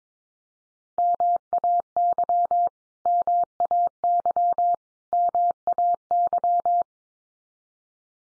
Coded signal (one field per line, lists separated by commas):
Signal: Morse code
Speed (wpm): 22 wpm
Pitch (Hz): 700 Hz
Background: none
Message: MAY MAY MAY